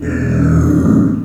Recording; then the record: squeal of a Yucatan mini pig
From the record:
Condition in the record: after surgery on the right vocal fold (resection and tissue-engineered implant); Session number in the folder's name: 7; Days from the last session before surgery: 47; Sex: female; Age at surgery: 19 weeks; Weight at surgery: 25 kg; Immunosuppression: prednisolone